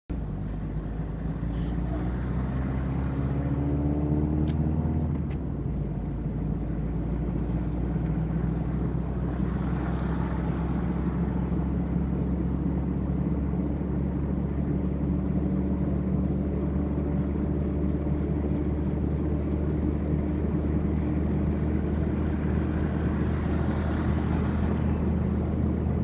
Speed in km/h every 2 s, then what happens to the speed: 29, 35, 37, 41, 43, 45, 46, 48, 49, 50, 50, 51, 52.
0-11 speeds up to 46. 11-26 steady at about 50.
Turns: none.